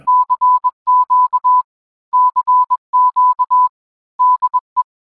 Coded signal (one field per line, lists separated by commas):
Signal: Morse code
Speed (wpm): 21 wpm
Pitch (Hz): 1000 Hz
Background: none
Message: CQ CQ DE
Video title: Ham Radio Basics: How to Solder Wires Together